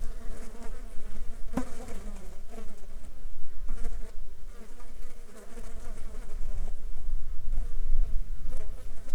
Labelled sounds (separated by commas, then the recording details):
insects
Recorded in the Arctic National Wildlife Refuge, Alaska, on 7 July 2019 at 18:32
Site 35